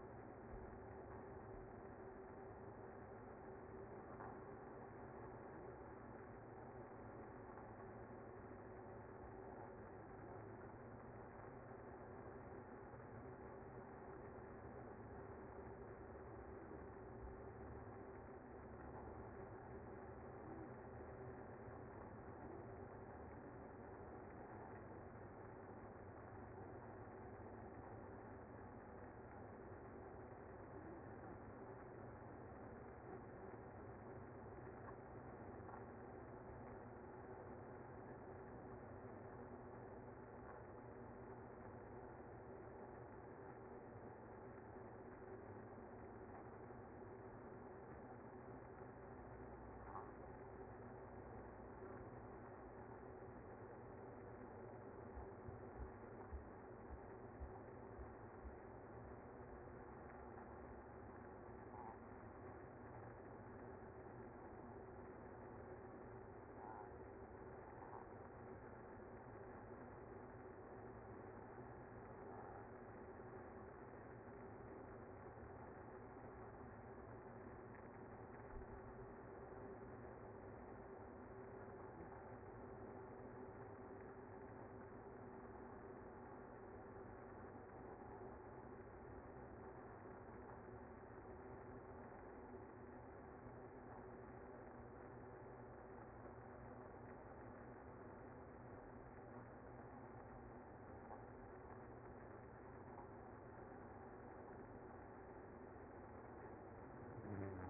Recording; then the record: honeybee colony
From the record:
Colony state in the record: active